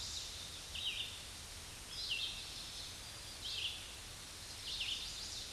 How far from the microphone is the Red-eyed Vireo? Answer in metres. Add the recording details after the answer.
about 30 m. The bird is about 15 m above the microphone. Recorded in a Pennsylvania forest on 16 May 2024 at 07:49. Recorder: AudioMoth, point MSD-2146. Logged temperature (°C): 16.7 °C. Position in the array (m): 150 m, 27 m